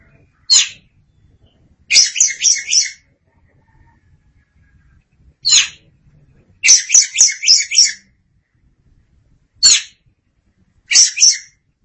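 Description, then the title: Oriental magpie-robin calling in rasping, buzzy bursts, single notes alternating with rapid chattering runs, repeated every few seconds in quiet surroundings. "Suara Kicauan Burung Kacer Durasi Panjang"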